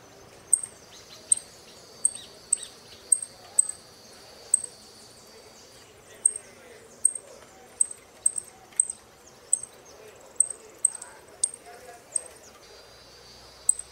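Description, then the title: Saffron finch calling with soft, very high chirps at short, irregular intervals over a faint background hiss. "Jilguero Argentino"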